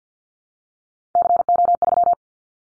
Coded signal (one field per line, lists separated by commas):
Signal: Morse code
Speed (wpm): 50 wpm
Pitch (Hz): 700 Hz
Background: none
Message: CO3